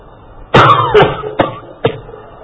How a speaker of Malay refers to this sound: Kalau kita faham, batuk suami pun kita faham.